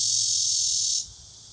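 Cicada, a harsh, high, continuous buzz for about one second before stopping sharply, leaving quiet background.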